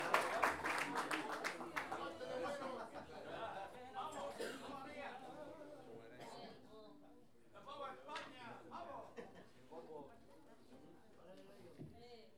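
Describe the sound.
An audience breaks into loud applause, a dense burst of many hands clapping at the start, then the clapping thins and fades as a voice begins talking over it.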